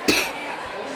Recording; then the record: coughing mixed with background sound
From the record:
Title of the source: 64 coughing, allergies, singing lungs